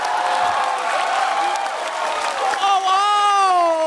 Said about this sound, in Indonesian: Standing applause dari penonton.